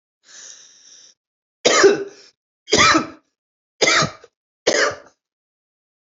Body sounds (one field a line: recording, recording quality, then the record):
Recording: heavy voluntary cough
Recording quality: excellent, no background noise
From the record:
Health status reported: healthy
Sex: male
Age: 54 years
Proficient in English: yes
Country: India